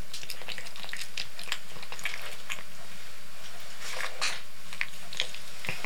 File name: Digiffects Sound Effects Library - Cat Eating Canned Cat Food